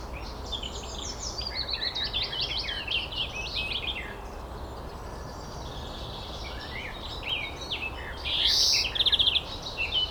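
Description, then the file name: European greenfinch calls: steady twittering chirps for several seconds, then a loud harsh wheeze followed by a short rapid trill near the end, over constant low background noise. "Chloris chloris"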